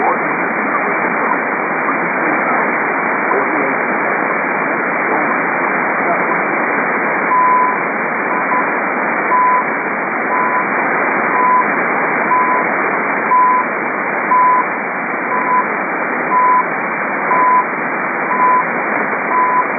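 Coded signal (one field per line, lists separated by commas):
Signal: radio time signal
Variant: CHU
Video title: CHU Otawwa. Time Signal Station. Canada 7850 Khz USB. Copiada en Marcos Paz Buenos Aires.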